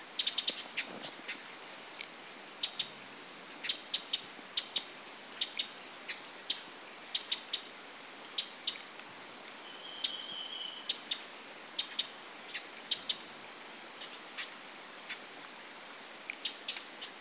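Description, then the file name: Eurasian wren uttering hard, high ticks singly and in quick groups throughout, with a few thin whistled notes. "Troglodytes troglodytes"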